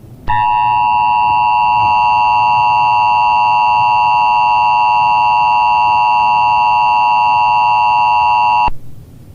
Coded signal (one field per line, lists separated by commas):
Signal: Emergency Alert System (SAME) tones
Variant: 853 and 960 Hz attention tone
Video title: Black Sunday | An EAS Scenario